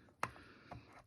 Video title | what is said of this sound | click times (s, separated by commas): Mining Rig BROKE... Let's FIX it (Full Teardown and Build) | it should click in so that's clicked into there | 0.2 s